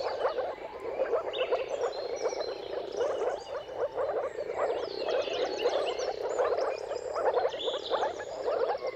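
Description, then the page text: Many moor frogs give muted, bubbling calls in an unbroken chorus, with bird songs trilling and whistling throughout. Mating chorus of moor frogs at sunrise, at the turn of March and April depending on the weather; dawn chorus. "Dawn’s Chorus: Mating Calls of Marsh Frogs at Sunrise. Depending on the weather at the turn of March and April, you can witness an amazing spectacle of moor frogs. Jakub-Orzecki moor frogs"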